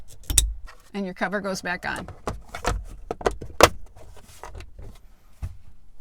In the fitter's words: that just reconnect your power it should snap right in and